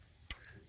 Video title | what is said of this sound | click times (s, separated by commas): how to replace throttle body 2008 escape & mariner hybrid. loss of acceleration first drive of day | There you go. I heard that click. Do you hear the click? | 0.3 s